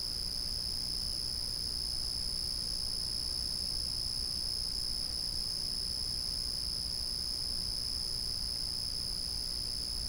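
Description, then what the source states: Cricket trilling continuously at a single high pitch, never pausing, with a quiet low background hum beneath. A single cricket calling steadily at night.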